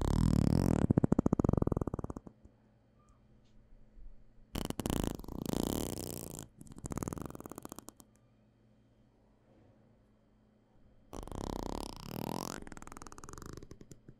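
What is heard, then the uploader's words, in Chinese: Raspy bursts of combing and massage-tool sounds come in four runs, near the start, around five and seven seconds, and from eleven seconds on, each a dense rapid scratching or buzzing. Between them the sound drops to a faint low hum. 梳子&按摩器具觸發。Massage Triggers。NO Talking。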